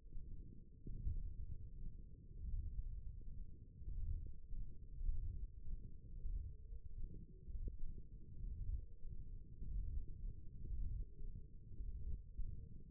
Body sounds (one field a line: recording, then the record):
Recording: forearm muscle sounds (acoustic myography)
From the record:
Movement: ulnar deviation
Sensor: system 1, eight BSWA MPA416 microphones around the upper forearm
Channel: 1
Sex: male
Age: 23 years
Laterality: right